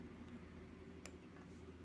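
The screw-down crown of a Pagani Design PD1692 Air King homage wristwatch is unscrewed from the watch case tube. It springs out of its threaded tube with a single small, sharp tick at 1.1 s over a low steady background hum. The crown is released.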